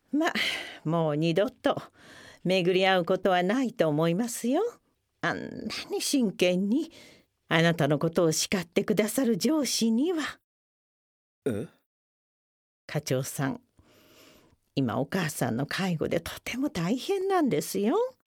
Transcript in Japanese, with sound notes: まあ、もう２度と、巡り会うことはないと思いますよ、あんなに真剣にあなたのことを叱って下さる上司には。… （不思議そうに）
えっ？
課長さん、今、お母さんの介護でとても大変なんですよ。